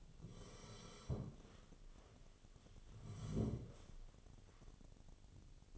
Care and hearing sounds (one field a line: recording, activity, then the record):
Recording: daily activity, microphone in the room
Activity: sit down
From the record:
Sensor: 4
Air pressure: 1016.1 hPa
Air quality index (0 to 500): 171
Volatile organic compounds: 7 ppm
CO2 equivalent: 1951 ppm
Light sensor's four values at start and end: 9/20/8/7 and 9/20/8/7